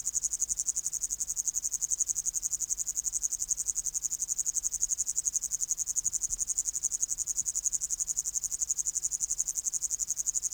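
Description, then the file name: Upland green bush-cricket producing a steady, piercing high trill, its rapid pulses running on evenly without pause. "Tettigonia cantans"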